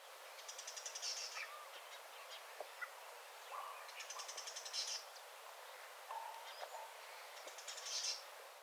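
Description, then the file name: Great tit giving harsh, rattling high-pitched calls, repeated about every three and a half seconds over a steady background hiss. "Parus major"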